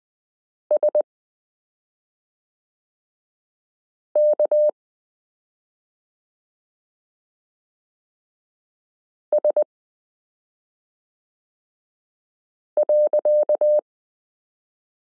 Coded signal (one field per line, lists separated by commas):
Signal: Morse code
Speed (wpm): 20 wpm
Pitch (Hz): 600 Hz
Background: none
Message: SK S.